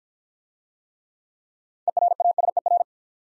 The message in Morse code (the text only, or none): ERASER